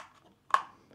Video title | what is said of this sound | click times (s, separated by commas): Unlimited Drone Range: DJI Cellular Dongle 2 Review (Mini 4 Pro & Air 3) | it then clicks into place like so and then from there you would just put the cover on top | 0.5 s